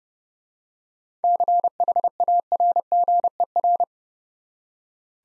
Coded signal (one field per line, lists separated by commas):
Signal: Morse code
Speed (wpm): 30 wpm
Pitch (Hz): 700 Hz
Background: none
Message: CHARGER